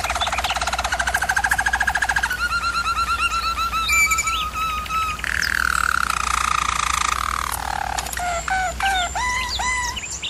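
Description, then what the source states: German Roller canary song: fast pulsed trills, a gliding descending roll, then a series of separate short notes. Singing used for canary training.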